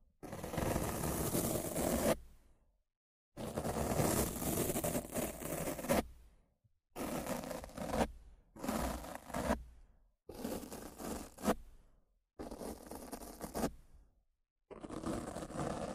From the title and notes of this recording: Rough Mic Scratching & Brushing (No Talking).